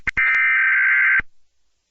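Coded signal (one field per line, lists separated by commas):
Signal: Emergency Alert System (SAME) tones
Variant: header bursts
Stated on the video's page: Simulated EAS scenario.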